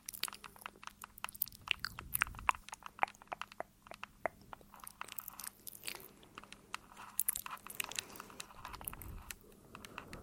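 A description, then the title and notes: Mouth sounds: rapid, irregular crunchy clicks and wet chewing snaps throughout, over a low steady hum, with soft breathy swells near two and nine seconds. ASMR Tascam Tingles. Mouth Sounds.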